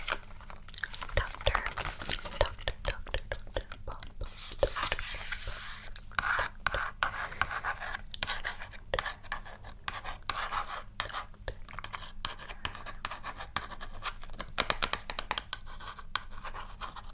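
Dense tapping and scratching on makeup items, with rapid crisp clicks and a brief hissy brushing stretch around five seconds.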